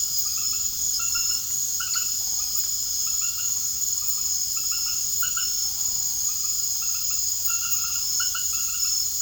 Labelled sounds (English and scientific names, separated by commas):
none